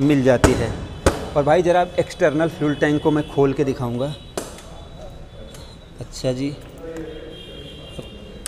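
Someone talks over the first half, followed by a few soft knocks around 4.4 s and 6.0 s while handling the external fuel filler lid on the body panel of a 2023 TVS Jupiter Classic 110 B6 scooter. The lid is pressed shut and latches with a sharp click at 8.5 s, locking in place.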